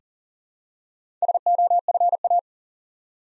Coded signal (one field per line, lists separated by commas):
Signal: Morse code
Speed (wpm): 40 wpm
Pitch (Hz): 700 Hz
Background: none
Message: SOFA